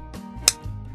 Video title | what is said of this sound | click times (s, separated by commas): Angler Sport Group - Vosseler - RC Series | squeeze the spool and frame together until you feel and hear a positive snap | 0.5 s